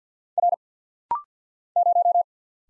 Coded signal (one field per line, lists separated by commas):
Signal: Morse code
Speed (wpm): 50 wpm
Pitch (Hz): 700 Hz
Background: none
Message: R 0